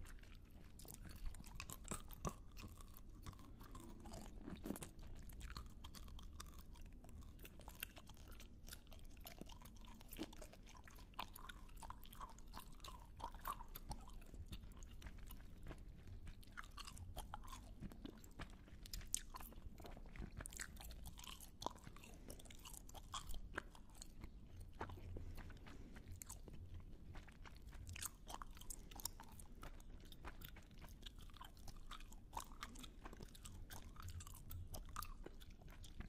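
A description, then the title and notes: Close mouth sounds fill the recording: wet clicks, smacks and crunchy chewing snaps arrive in quick, irregular bursts throughout. A low, steady murmur sits underneath, and the level stays fairly even from start to finish. ASMR Heavenly Close MOUTH SOUNDS.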